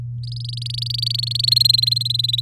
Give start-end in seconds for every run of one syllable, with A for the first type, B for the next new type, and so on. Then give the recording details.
0.23-1.50 A, 1.51-2.41 B. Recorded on 6 May 2018 at 10:31. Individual llb16